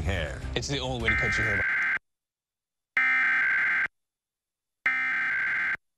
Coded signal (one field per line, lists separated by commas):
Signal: Emergency Alert System (SAME) tones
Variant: header bursts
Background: speech